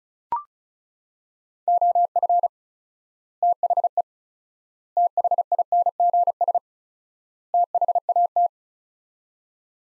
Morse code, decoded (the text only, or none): OF THE THINGS THAT